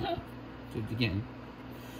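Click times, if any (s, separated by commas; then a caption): none. Someone is pushing an intake part onto the Nibbi carburetor of a Venom 125cc x20 motorcycle on a second try, with handling noises and muffled scraping heard around 0.7 to 1.3 seconds over a low, steady hum. Someone talks briefly at the start. Nothing has seated or clicked yet.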